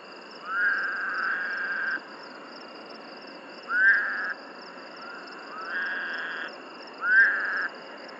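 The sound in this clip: Woodhouse's toad giving nasal, buzzy bleats that rise sharply then hold steady, four calls over a constant high hum.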